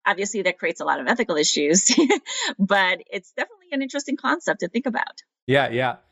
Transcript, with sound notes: Obviously, that creates a lot of ethical issues [laugh] but it’s definitely an interesting concept to think about.
Yeah, yeah.